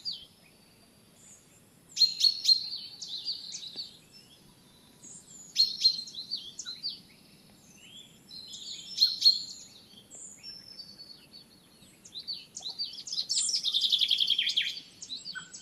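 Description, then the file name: Common chaffinch song: bright, fast trilled phrases repeated every few seconds, with a longer phrase at the end. "Fringilla coelebs"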